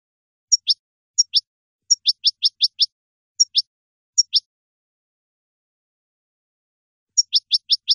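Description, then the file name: European goldfinch song: bright, high twittering notes in short clusters, with pauses between bursts. "audio burung goldfinch"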